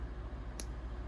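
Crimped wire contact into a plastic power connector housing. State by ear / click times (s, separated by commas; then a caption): seated / 0.6 s. A crimped copper contact on a wire is pushed into a plastic Anderson-style power connector housing until its internal spring tongue catches. A single sharp snap sounds at 0.6 s over a low, steady background, and the contact is seated in the housing.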